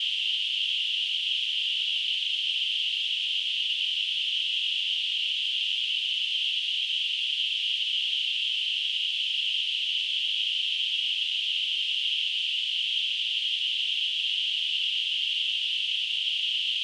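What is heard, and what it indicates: A steady, unbroken high-pitched hissing band holds at the same loudness for about 17 seconds, with no low sounds. This is a simulation of hiss-like tinnitus, the ringing or rushing noise heard in the ears without any outside source.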